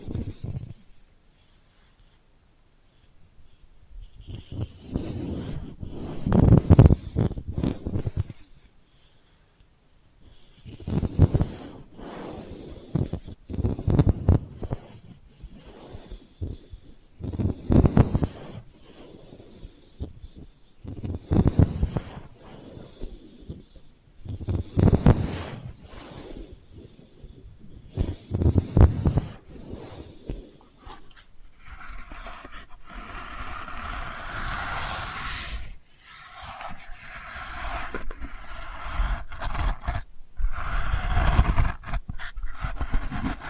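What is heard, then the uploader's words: Delicate scratching comes in soft strokes every few seconds over a thin high whine, turning into a steadier, denser rasp after thirty seconds. ASMR Delicate Scratching for Sleep (No Talking).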